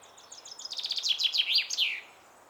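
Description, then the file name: Common chaffinch song: quick repeated high notes running into a descending rattle and a short twirled ending. "Fringilla coelebs"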